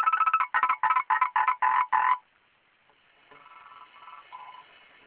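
Frog croaking in a fast series of rasping pulses for about two seconds, then a pause and quieter, fainter calls.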